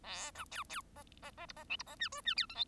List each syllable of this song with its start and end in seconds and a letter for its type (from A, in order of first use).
0.03-0.31 A, 0.35-0.45 B, 0.51-0.64 C, 0.69-0.81 C, 0.96-1.03 D, 1.22-1.31 D, 1.37-1.46 D, 1.48-1.53 E, 1.56-1.64 D, 1.69-1.76 F, 1.79-1.83 E, 1.86-1.96 D, 1.99-2.09 G, 2.12-2.21 H, 2.24-2.35 G, 2.36-2.46 I, 2.49-2.55 J, 2.55-2.64 K